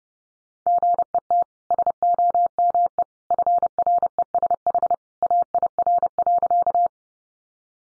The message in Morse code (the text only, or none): GET SOME FRESH AIR.